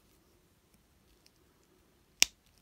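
A plastic figure part from a Transformers Blokees Galaxy Version model kit is pressed into the toy body. A few faint ticks come before one sharp, loud snap at 2.2 s. The piece pops into place and is seated.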